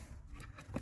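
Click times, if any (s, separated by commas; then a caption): none. A plastic cover is pressed back on over the cabin air filter housing behind the glove box of a 2002 Renault Laguna, with brief faint knocks near 0.4 and 0.8 seconds over low background noise. Nothing has clicked yet; the cover does not click but sits in place anyway.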